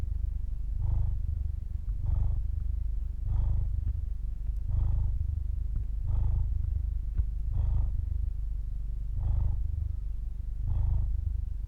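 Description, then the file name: Domestic cat purring, a deep rumbling throb that swells and fades in steady cycles, about forty-two per minute, with a faint mid-pitched hum on each swell. Purring, from the throat. "freesound cat purr"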